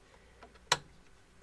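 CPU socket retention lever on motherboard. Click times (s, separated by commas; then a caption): 0.7 s. A CPU sits in a zero-insertion-force socket on a motherboard, and its metal retention bar is pushed down. After a faint tick at 0.4 s, the bar snaps into its catch with a sharp, bright click at 0.7 s, and the CPU is seated and locked.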